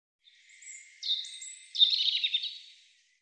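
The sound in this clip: European robin song: a thin high whistle, then a sliding note and a rapid tumbling twittery phrase, all high-pitched, with silence around it.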